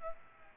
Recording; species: mosquito wingbeat signal from an infrared sensor; Aedes aegypti